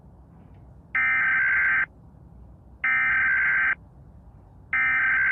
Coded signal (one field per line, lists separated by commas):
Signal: Emergency Alert System (SAME) tones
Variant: header bursts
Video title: Rating eas alarms part 1 (super bad)